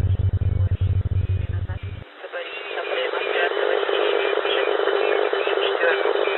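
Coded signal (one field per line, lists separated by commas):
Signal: coded military voice message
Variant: The Pip, Russian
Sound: short repeating pips over hum, then a muffled Russian voice reading a coded message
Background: radio static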